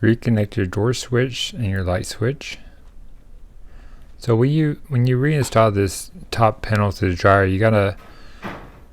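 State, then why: Not seated. Someone talks while a top panel is being readied to go back onto a Whirlpool Cabrio dryer cabinet, with a quieter stretch of low background noise in the middle. The top panel has not yet slid into place, and nothing has seated or clicked yet.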